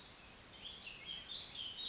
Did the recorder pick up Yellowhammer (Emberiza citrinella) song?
no